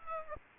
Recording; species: mosquito wingbeat signal from an infrared sensor; Aedes aegypti